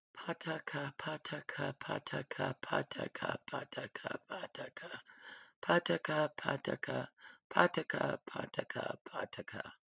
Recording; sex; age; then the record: repeated syllables /pa ta ka/; female; 50 to 59 years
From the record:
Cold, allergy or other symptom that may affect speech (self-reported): no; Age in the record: 50 years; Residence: Colorado, United States